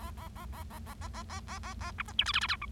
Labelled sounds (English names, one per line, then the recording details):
Bengalese Finch song
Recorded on 25 March 2012 at 11:20
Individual gy6or6